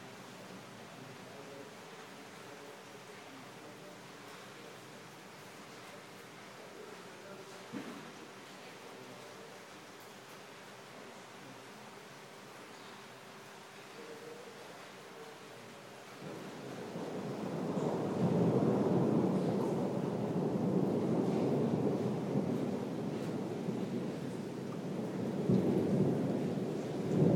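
Rain falls with a soft, steady hiss for the first fifteen seconds, with a faint low hum running underneath and a small knock near eight seconds. Around sixteen seconds a louder, rumbling wash swells in and stays heavy through the end.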